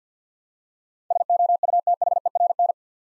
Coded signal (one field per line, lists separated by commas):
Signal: Morse code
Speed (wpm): 50 wpm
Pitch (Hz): 700 Hz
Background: none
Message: SOUTHERN